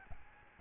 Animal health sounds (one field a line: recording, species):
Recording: mosquito wingbeat signal from an infrared sensor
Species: Aedes albopictus